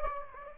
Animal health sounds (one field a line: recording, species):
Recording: mosquito wingbeat signal from an infrared sensor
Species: Anopheles gambiae